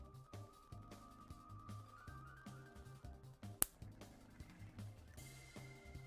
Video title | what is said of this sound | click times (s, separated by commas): The Grand Piano Finale! LEGO Model 213232 | gotta love it when Legos click together like that | 3.6 s